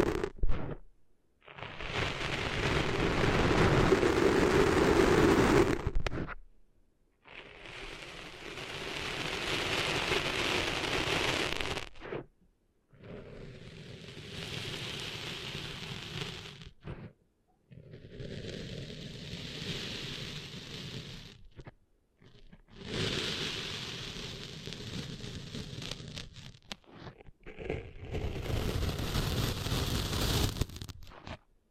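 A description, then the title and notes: Cleaning sand out of the ears, heard as six separate bursts of dense rough rustling and scraping, each lasting about four to five seconds with short silent gaps between them. The first burst is loudest and fullest; later ones sound thinner, brighter and hissier. ASMR Cleaning Sand Out of Your Ears (No Talking).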